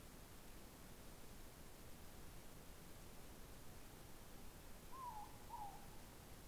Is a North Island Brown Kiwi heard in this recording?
no